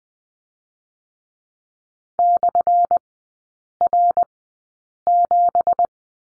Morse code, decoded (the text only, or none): /R7